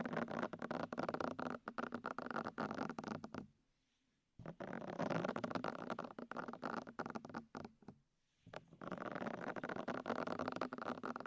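An intense ear massage: dense, crackling rubbing and scratching with constant small pops and a steady hiss underneath. The rubbing stops twice, near silence around four seconds and again just after eight, then resumes at full strength.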